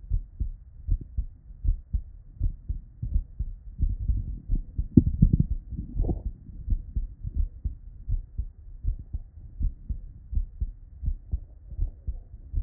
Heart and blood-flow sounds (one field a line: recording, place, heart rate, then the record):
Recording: heart sounds by stethoscope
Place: Erb's point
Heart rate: 81 bpm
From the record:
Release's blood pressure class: normal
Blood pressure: 117/63 mmHg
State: at rest